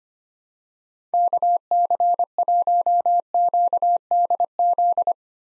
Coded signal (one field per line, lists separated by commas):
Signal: Morse code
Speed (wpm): 25 wpm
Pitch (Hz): 700 Hz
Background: none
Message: KC1QDZ